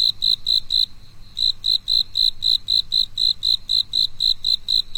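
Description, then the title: Cricket song of high, evenly spaced chirps, about four per second, with one brief gap early on, over faint low hum. A single cricket singing alone on a quiet night. "寂静的夜里，那个蟋蟀的独唱"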